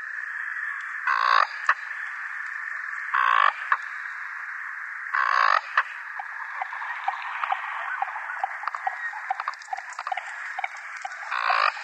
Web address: Schulze Peter American Coot